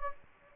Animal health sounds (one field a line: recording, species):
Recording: mosquito wingbeat signal from an infrared sensor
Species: Anopheles gambiae